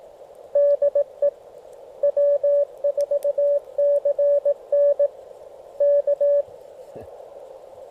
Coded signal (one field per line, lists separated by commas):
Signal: Morse code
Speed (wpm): 21 wpm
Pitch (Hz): 580 Hz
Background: radio noise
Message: DE W4CN K